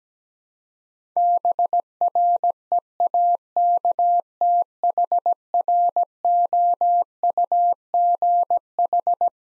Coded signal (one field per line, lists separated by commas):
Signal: Morse code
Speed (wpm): 17 wpm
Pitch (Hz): 700 Hz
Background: none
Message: BREAKTHROUGH